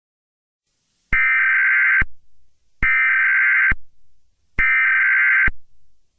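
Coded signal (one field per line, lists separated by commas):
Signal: Emergency Alert System (SAME) tones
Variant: header bursts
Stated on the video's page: Fictional mega-disaster alert scenario.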